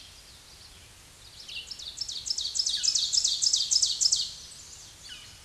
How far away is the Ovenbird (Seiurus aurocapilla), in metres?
about 5 m